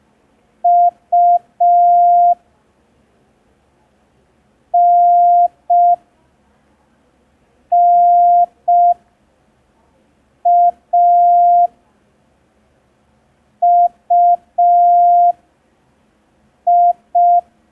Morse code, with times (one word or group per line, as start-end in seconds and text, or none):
0.6-2.3 U
4.7-11.7 NNA
13.6-17.4 UI